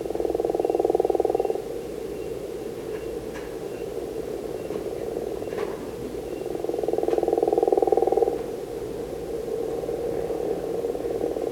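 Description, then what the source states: Gopher frog snoring call: a long pulsed rattle lasting over a second, then a quieter steady pulsing drone, with a second loud snore near seven seconds. Drawn-out, growl-like snore with pulses faster than the crawfish frog's, said to sound like a woodpecker pecking; calls from beneath the water.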